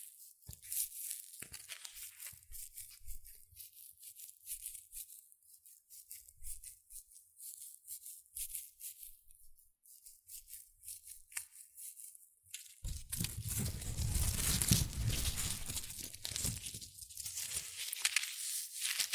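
Shredded tissue and packing peanuts rustle and crinkle, starting as sparse, bright crackles and light scratchy bursts. Around thirteen seconds the sound abruptly turns louder and much denser, a continuous crunchy churning with more body that lasts to the end.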